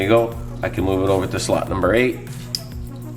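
Someone talks while moving a crimped metal wire terminal over to slot eight of a plastic harness connector during K20 swap wiring on a 7th-gen Civic automatic (D-plug and C101 plug). A short, sharp click is heard at 2.6 s, and the terminal is seated in the new slot and stays in place.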